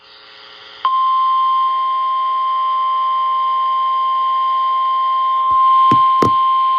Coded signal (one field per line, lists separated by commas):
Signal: Emergency Alert System (SAME) tones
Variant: 1050 Hz attention tone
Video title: EAS #1020 & #1021 Severe Thunderstorm Warnings